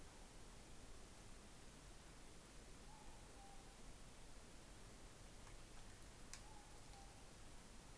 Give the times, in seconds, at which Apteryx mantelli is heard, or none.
none